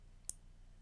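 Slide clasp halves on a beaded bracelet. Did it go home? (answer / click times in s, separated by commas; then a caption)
yes / 0.3 s. The two halves of a metal bead slide clasp on a beaded bracelet are slid back together close up. A single short, sharp click sounds at 0.3 s over a quiet background, and the clasp is seated closed.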